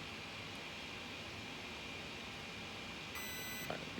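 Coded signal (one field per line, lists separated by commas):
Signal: beep code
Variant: Spektrum Firma ESC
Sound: steady background hiss, then one sustained high beep of about half a second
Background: steady background hiss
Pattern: 1 long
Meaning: The ESC setting has been saved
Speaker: beep like that now we saved it long deep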